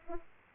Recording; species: mosquito wingbeat signal from an infrared sensor; Aedes aegypti